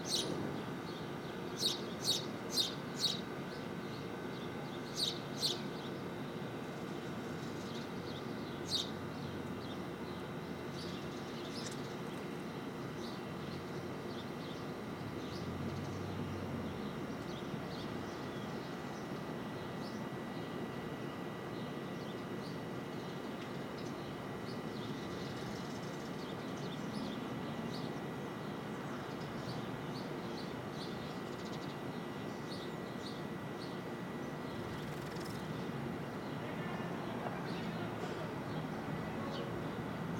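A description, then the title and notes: A few birds chirp over a steady low city rumble, with quick bright calls clustered in the first ten seconds and another around thirty-five seconds. The hum of traffic, possibly a train, holds level throughout and dominates the scene. Brooklyn, Rooftop 5 - 8-20, Some Birds by Bandeto.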